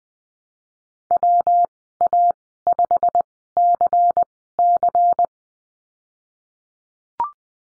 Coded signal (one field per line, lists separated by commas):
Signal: Morse code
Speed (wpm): 20 wpm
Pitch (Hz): 700 Hz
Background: none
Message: WA5CC